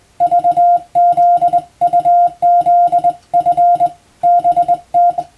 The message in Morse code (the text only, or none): VZUZF BT